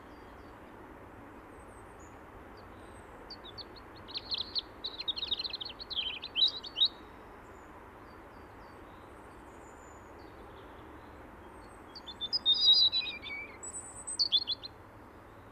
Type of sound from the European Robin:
song